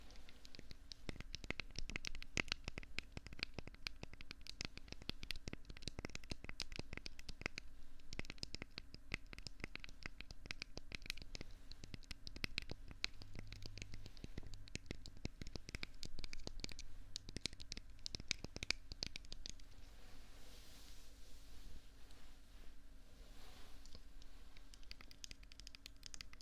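Odd handled objects like a hollow tube, a silicone paw cleaner and stress balls make a dense, fast run of scratchy, crackly taps and rustles for about twenty seconds. Near the end the clicking stops, leaving a softer, steady hiss with a low hum underneath.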